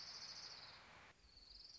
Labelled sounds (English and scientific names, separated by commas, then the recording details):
Orange-crowned Warbler (Leiothlypis celata)
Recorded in Sonoma County, California